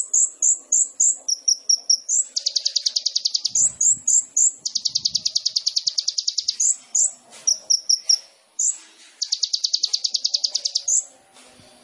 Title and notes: MASTERAN KOLIBRI NINJA FULL ISIAN DAN TEMBAKAN COCOK BUAT PANCINGAN. Suara Burung Kolibri Ninja Gacor